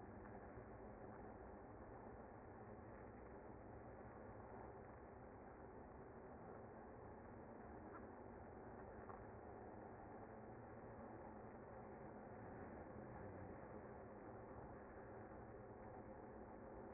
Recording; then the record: honeybee colony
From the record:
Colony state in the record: active